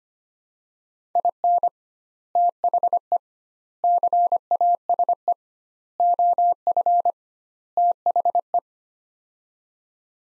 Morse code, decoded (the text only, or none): IN THE CASE OF THE